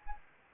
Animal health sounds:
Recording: mosquito wingbeat signal from an infrared sensor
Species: Anopheles gambiae

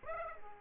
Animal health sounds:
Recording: mosquito wingbeat signal from an infrared sensor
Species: Aedes aegypti

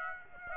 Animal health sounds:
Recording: mosquito wingbeat signal from an infrared sensor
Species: Aedes aegypti

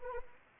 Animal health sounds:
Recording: mosquito wingbeat signal from an infrared sensor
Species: Anopheles arabiensis

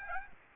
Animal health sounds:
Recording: mosquito wingbeat signal from an infrared sensor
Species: Aedes aegypti

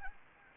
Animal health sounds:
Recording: mosquito wingbeat signal from an infrared sensor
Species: Anopheles gambiae

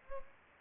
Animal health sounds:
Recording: mosquito wingbeat signal from an infrared sensor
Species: Culex pipiens

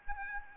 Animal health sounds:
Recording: mosquito wingbeat signal from an infrared sensor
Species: Aedes aegypti

